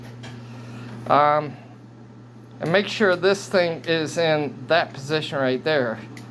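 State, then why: Not seated. A plastic PCIe graphics card slot retention latch on a desktop motherboard (Alienware Aurora R4) is being handled and moved back into position while someone talks. Only speech and a steady low hum are heard. Nothing has seated or clicked yet.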